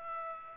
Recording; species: mosquito wingbeat signal from an infrared sensor; Aedes aegypti